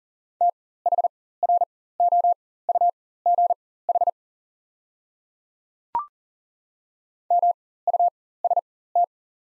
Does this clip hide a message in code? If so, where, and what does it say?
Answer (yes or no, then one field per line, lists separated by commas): yes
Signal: Morse code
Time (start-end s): 0.4-9.0 s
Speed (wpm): 40 wpm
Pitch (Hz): 700 Hz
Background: none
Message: THROUGH MUST